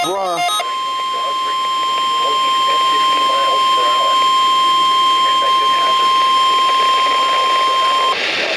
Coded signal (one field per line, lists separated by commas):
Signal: Emergency Alert System (SAME) tones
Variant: 1050 Hz attention tone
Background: speech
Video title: I regret calling this event a bust | EAS Alerts From 2/22/2023 (EAS #1,830-1,849)